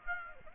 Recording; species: mosquito wingbeat signal from an infrared sensor; Aedes aegypti